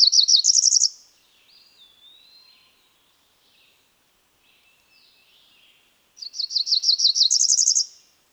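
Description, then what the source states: Cerulean warbler giving a short buzzy trill that steps up to a higher buzz, then silence with faint whistles before the phrase comes again. Female.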